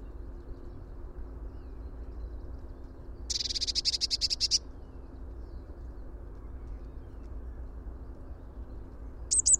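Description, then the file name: Eurasian blue tit call: a rapid, scratchy rattle of high pulses lasting about a second, then another rattle starting at the very end, against steady low-pitched background noise. "Cyanistes caeruleus"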